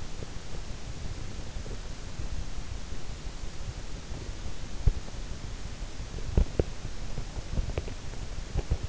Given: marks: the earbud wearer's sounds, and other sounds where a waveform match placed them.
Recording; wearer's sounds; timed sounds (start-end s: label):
sounds in sleep by an in-ear microphone; teeth grinding
4.84-8.89 s: teeth grinding